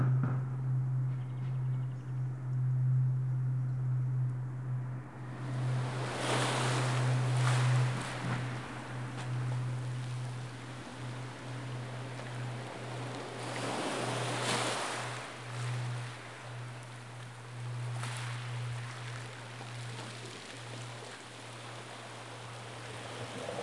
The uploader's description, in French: Entre Noël et le jour de l'an, les ambiances sonores sont riches, de Praiano et son sentier des Dieux, à Amalfi, en passant par Positano ou encore Herculanum et Capri.